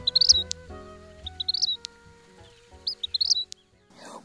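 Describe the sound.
Vermilion flycatcher calling: three bursts of high, quick, rising twittering notes about one and a half seconds apart, over soft sustained low tones.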